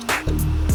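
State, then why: Not seated. Plastic radio dash kit pieces for a Dodge Ram are handled, with the pocket's two teeth being lined up to go into the holes on either side. Music plays throughout with a short burst near 0.1 s, and nothing has snapped into place yet when the clip ends.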